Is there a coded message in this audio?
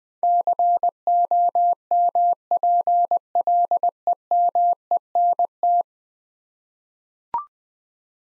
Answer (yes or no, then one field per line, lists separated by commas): yes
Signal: Morse code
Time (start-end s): 0.2-5.8 s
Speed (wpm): 20 wpm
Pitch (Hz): 700 Hz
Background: none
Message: COMPLEMENT